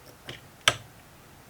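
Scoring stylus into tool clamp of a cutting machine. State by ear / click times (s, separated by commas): seated / 0.7 s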